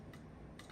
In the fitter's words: this 9° driver is 11 degree driver you're going to hear a click that's it